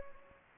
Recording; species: mosquito wingbeat signal from an infrared sensor; Anopheles gambiae